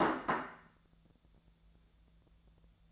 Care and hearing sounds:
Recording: daily activity, microphone in the room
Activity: place plate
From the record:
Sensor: 3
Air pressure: 1000.2 hPa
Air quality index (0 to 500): 140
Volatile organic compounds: 2 ppm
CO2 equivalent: 1244 ppm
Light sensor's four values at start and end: 35/89/38/41 and 35/89/38/41

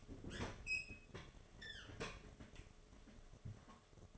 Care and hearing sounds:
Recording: daily activity, microphone in the room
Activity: open fridge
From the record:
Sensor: 4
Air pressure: 1005.5 hPa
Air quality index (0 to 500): 174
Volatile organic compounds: 5 ppm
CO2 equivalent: 1715 ppm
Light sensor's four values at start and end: 6/12/5/4 and 5/11/4/4

